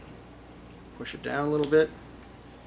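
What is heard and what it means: A plastic wiring harness connector is being pushed down into its mating socket on an ATV during the harness installation. There is a brief handling rustle, then someone talks. The connector has not snapped in yet, and nothing has seated or clicked by the end of the clip.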